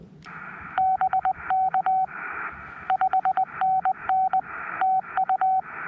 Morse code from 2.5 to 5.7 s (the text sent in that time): 5NN TU